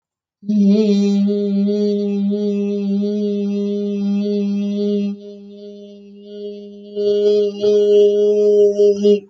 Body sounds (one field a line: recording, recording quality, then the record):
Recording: sustained vowel as in beet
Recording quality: excellent, no background noise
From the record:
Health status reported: healthy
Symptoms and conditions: hypertension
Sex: female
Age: 66 years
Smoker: not ticked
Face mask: not worn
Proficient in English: yes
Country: India